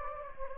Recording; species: mosquito wingbeat signal from an infrared sensor; Anopheles gambiae